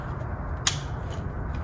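The last lower intake tube piece of an aftermarket Eurocompulsion V1 intake is pushed by hand into the engine intake system of an Alfa Romeo Giulia. A single sharp click at 0.7 s rises above a steady low background rumble. The piece is fully clipped in and seated.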